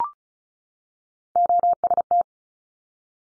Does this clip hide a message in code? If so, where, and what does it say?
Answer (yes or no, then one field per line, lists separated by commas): yes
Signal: Morse code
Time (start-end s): 1.4-2.2 s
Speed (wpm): 36 wpm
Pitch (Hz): 700 Hz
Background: none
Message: OST